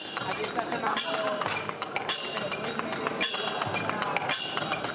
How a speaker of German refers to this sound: Glockenspiele werden geschlagen, ein Tischtennisball springt scheppernd auf und ab, ein Hämmerchen bespielt ein Cocktailglas.